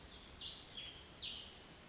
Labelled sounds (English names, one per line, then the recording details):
Cassin's Vireo
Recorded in Sonoma County, California